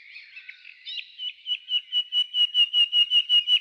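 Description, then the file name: Common nightingale song: brief soft warbling followed by a steady run of loud, evenly spaced whistled notes repeated in quick succession. Trill. "Zvuki-prirodysolovey-solov inaya-trel"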